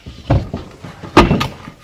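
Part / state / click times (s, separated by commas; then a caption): bed extension and support leg into the bed frame / seated / 0.3 s, 1.4 s. Inside a van, the folded-forward extension of an ARCO VanEssa double-bed system, with its support leg let out, is pushed into the bed frame. Sharp clicks sound at 0.3 s and 1.4 s, with softer knocks between them, as the leg locks into place.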